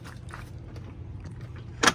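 Someone handles and lifts the metal support arm of a manual RV awning, making faint knocks and rustles over a steady low rumble, with a louder broadband scrape-like burst near 1.9 s at the very end. The arm has not locked into place yet; nothing has seated or clicked.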